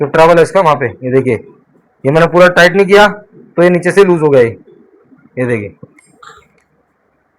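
Someone talks while handling the movable jaw of a steel MIEKA modular machine vice, sliding it along its ball-detent travel toward a position slot in the vice body; it had come loose from below because it was not fully tightened. A few faint, short taps are heard near the end, around 6.0, 6.2 and 6.6 seconds. The jaw has not locked or seated yet.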